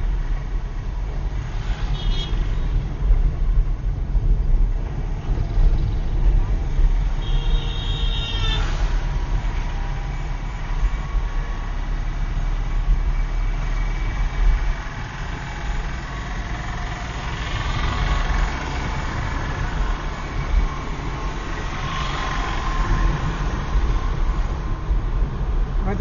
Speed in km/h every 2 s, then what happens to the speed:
30, 30, 30, 29, 28, 29, 30, 32, 33, 41, 48, 52, 50.
0-11 steady at about 29. 11-21 speeds up to 52.